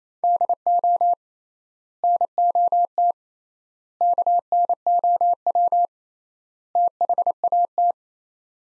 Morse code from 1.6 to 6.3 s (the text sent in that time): NOT KNOW